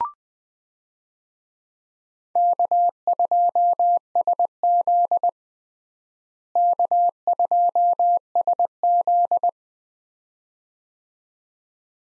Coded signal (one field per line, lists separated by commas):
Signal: Morse code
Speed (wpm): 20 wpm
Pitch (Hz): 700 Hz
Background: none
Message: K2SZ K2SZ